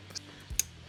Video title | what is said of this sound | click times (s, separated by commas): Yamaha XMAX V2 Upgrade Throttle Body 40MM, Pemasangan & Review | CS sampai dengar bunyi klik. | 0.6 s